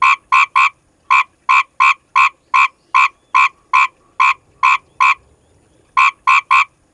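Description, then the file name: Asian grass frog calling in a fast series of short, harsh croaking notes, about two and a half per second, with a brief pause before the series resumes. "Rana l limmocharis"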